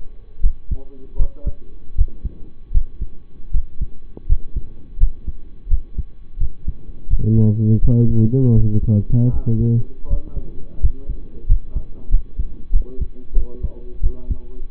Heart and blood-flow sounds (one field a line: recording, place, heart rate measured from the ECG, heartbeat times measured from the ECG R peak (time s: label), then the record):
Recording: heart sounds by stethoscope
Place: between the tricuspid and mitral areas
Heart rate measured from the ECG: 84 bpm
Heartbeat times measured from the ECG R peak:
0.41 s: heartbeat
1.16 s: heartbeat
1.95 s: heartbeat
2.71 s: heartbeat
3.51 s: heartbeat
4.26 s: heartbeat
4.97 s: heartbeat
5.68 s: heartbeat
6.38 s: heartbeat
7.07 s: heartbeat
7.79 s: heartbeat
8.53 s: heartbeat
9.30 s: heartbeat
10.07 s: heartbeat
10.80 s: heartbeat
11.46 s: heartbeat
12.09 s: heartbeat
12.71 s: heartbeat
13.33 s: heartbeat
14.01 s: heartbeat
From the record:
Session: rest, lying down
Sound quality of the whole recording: partially saturated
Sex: male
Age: 25 years